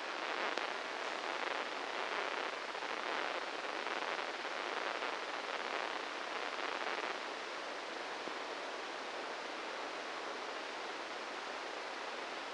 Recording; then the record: brain microelectrode recording played as sound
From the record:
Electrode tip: inside the subthalamic nucleus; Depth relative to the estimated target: -4 mm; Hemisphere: right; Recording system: NeuroSet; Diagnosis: Parkinson's disease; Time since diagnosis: 8 years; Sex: male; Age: 58 years